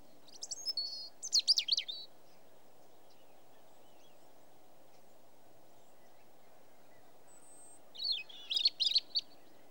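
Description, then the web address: European robin song, two short high phrases of warbled, twisting notes separated by several seconds of quiet background hiss. "The BBC Sound Effects Library. Robin song"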